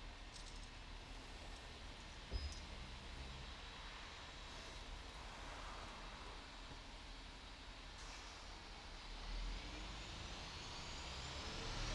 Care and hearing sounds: everyday scene through a hearing-aid microphone; in traffic; traffic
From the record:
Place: bus stop on a city main road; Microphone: in the ear canal, right

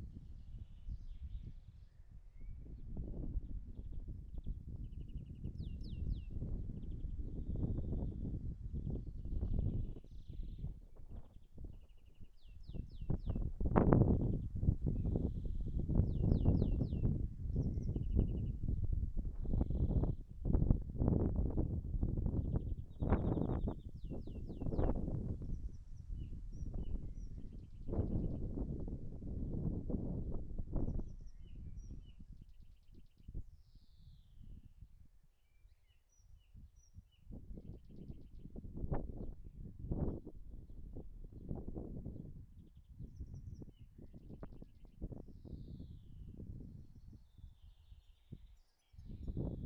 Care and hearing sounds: everyday scene through a hearing-aid microphone; wind on the microphone; wind, birds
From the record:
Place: in front of a rural house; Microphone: behind the ear, right, front

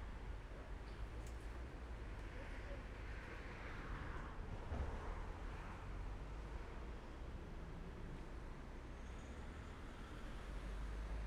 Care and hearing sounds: everyday scene through a hearing-aid microphone; in traffic; traffic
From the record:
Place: main road on the outskirts, rush hour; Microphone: behind the ear, left, rear

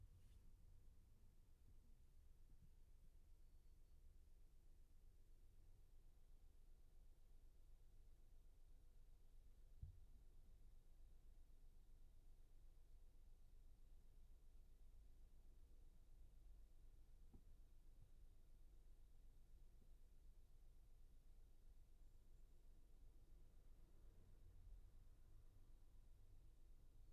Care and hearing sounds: everyday scene through a hearing-aid microphone; in a vehicle; engine idling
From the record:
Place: Skoda Fabia, gasoline engine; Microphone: behind the ear, left, front

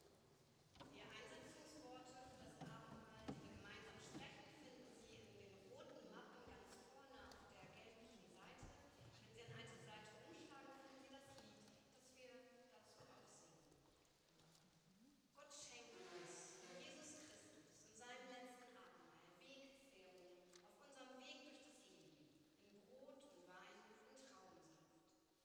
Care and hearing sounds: everyday scene through a hearing-aid microphone; reverberant space; speech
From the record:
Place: church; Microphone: in the ear canal, right

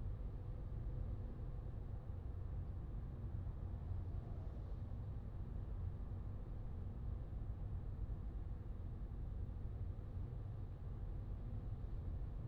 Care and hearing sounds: everyday scene through a hearing-aid microphone; in a vehicle; engine, highway driving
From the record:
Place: Skoda Fabia, gasoline engine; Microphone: in the ear canal, left

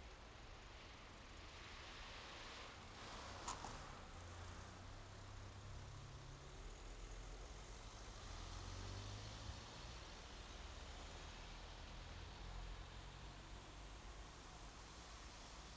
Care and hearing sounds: everyday scene through a hearing-aid microphone; in traffic; traffic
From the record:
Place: main road on the outskirts, rush hour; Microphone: in the ear canal, left

